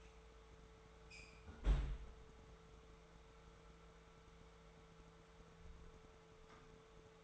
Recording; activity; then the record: daily activity, microphone in the room; close fridge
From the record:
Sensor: 3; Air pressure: 1014.9 hPa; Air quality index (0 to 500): 200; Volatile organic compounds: 28 ppm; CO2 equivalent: 2924 ppm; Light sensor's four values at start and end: 12/29/11/12 and 11/28/11/12